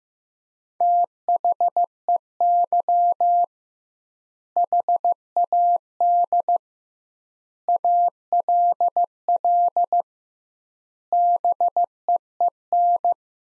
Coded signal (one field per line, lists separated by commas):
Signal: Morse code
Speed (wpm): 16 wpm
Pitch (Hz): 700 Hz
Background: none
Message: THEY HAD ALL BEEN